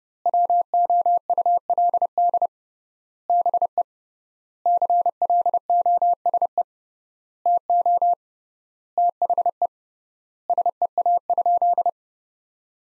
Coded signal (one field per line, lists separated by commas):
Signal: Morse code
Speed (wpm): 32 wpm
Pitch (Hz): 700 Hz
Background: none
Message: WOULD BE CLOSE TO THE SEA?